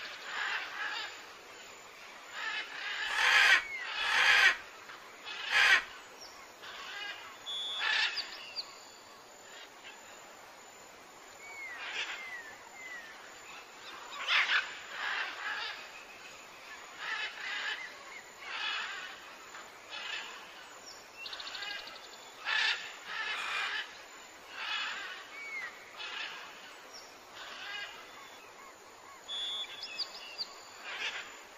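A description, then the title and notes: Birds call and chirp throughout, with short bright notes and quick upward chirps scattered across the whole clip. A few sharp, louder bursts stand out near the start, around three to six seconds. A steady high hiss and soft rustling sit underneath. Calming Bird Sounds. Melodic bird noises.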